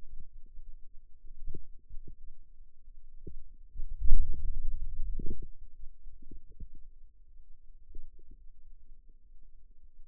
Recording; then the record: forearm muscle sounds (acoustic myography)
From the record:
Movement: hand opening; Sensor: system 2, bracelet of six BSWA MPA416 microphones around the upper forearm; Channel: 1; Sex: male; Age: 22 years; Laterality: right